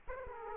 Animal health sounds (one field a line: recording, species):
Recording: mosquito wingbeat signal from an infrared sensor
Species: Aedes aegypti